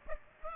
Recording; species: mosquito wingbeat signal from an infrared sensor; Aedes aegypti